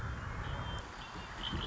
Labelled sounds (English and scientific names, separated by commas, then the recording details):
Red-winged Blackbird (Agelaius phoeniceus)
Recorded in Sonoma County, California